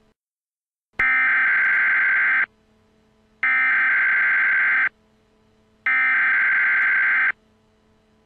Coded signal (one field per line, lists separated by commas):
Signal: Emergency Alert System (SAME) tones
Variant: header bursts